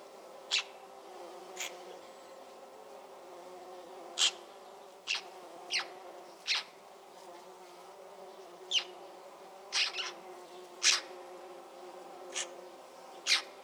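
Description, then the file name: Eurasian magpie giving short, harsh, noisy single calls at irregular intervals, many in all, over a steady low humming drone. "Pica pica"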